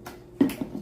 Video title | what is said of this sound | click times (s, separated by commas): 2nd PC Build | But it clicks on that side. | 0.4 s